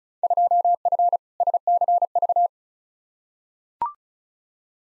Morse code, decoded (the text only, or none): 2F SCV